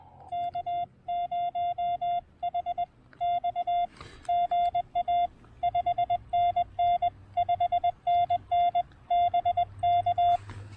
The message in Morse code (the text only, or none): K0HX GA 5NN 5NN BK